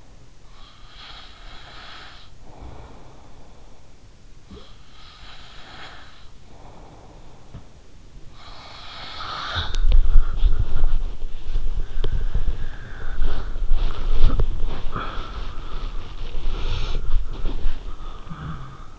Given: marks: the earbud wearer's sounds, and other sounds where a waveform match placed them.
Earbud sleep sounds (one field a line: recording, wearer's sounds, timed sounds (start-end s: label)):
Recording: sounds in sleep by an in-ear microphone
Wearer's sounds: breath, snoring breath, body movement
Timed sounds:
0.00-8.02 s: breath
8.02-9.77 s: snoring breath
9.77-18.99 s: body movement